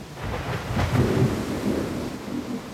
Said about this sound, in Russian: Белая молния озарила лесника с ног до головы. Трескучий и короткий удар грома раздался тотчас вслед за нею.